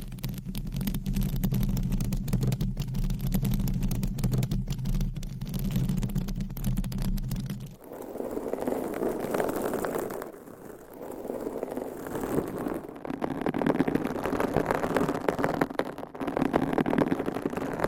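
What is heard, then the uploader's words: Mic scratching with nails, first as a steady low rumbling rasp with dense crackly clicks for about eight seconds. Then the sound shifts abruptly to a brighter, hissier scraping that swells and fades in waves, dipping briefly around ten seconds before building again. Mic Scratching - Brain Scratching with 9 DIFFERENT MICS Covers & Nails No Talking.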